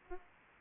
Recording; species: mosquito wingbeat signal from an infrared sensor; Aedes aegypti